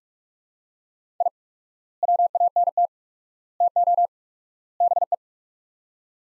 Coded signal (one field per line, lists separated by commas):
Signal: Morse code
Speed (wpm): 46 wpm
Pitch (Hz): 700 Hz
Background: none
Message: I WANT TO BE